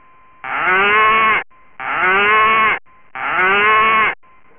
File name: Cow